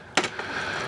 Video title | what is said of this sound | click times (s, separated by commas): I Spent $20 and My Dyson Cleaned Like It Used To | we're going to pop that in. Hear the snap. | 0.2 s